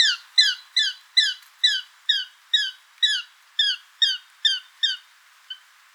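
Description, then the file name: Eurasian jay giving a rapid series of many short, downslurred, nasal notes, two or three per second, ending with one softer final note. "Garrulus glandarius"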